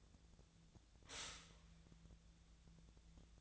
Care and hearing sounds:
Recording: daily activity, microphone in the room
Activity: stop toaster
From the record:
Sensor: 3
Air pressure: 1009.3 hPa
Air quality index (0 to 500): 198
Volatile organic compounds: 17 ppm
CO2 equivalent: 2565 ppm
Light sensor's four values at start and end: 32/81/34/37 and 32/81/34/37

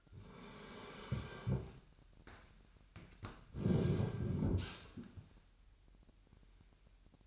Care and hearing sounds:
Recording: daily activity, microphone in the room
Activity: sit down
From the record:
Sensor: 2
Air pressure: 998.4 hPa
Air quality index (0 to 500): 130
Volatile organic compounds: 3 ppm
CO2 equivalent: 1473 ppm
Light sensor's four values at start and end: 7/15/7/7 and 8/18/8/8

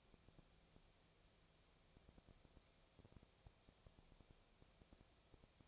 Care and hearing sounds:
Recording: daily activity, microphone in the room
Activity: no activity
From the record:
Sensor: 1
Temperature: 19.6 degrees Celsius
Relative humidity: 36.5%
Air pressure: 997.1 hPa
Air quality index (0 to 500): 204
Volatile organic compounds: 128 ppm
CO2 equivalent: 3917 ppm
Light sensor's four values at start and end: 1/2/1/1 and 1/2/1/1

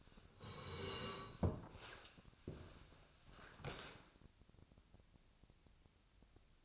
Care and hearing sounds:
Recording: daily activity, microphone in the room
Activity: sit down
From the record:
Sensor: 2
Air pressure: 1000.3 hPa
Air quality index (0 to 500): 166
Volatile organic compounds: 3 ppm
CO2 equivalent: 1382 ppm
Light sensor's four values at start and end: 9/19/8/9 and 9/20/9/9

